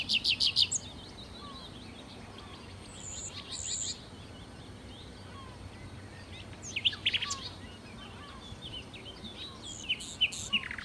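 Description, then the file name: Common nightingale song in loud bursts of rapid, dry repeated notes and trills near the start, middle and end, with quieter chirps in between. "Nachtigall"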